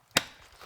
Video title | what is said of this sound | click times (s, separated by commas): Part 1: $4,300, over-the-top and completely unnecessary gaming computer build! Phanteks Enthoo | and then the other side and you should hear it click | 0.2 s